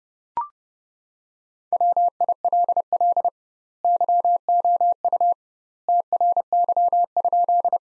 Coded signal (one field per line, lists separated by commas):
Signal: Morse code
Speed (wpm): 30 wpm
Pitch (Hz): 700 Hz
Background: none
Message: WILL YOU TRY?